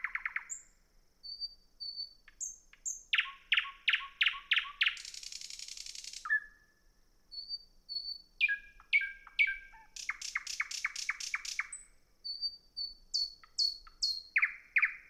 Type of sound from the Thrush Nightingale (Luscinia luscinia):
song